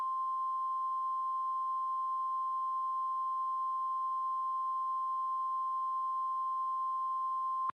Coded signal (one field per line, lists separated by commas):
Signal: Emergency Alert System (SAME) tones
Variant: 1050 Hz attention tone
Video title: Cryoblind: An EAS Scenario